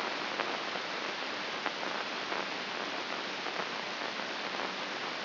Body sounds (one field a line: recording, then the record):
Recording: brain microelectrode recording played as sound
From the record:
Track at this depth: outside the subthalamic nucleus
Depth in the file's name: 6.669 mm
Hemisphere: left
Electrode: 2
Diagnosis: Parkinson's disease